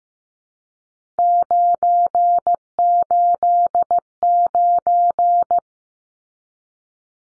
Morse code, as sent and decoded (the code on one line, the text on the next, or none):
----. ---.. ----.
989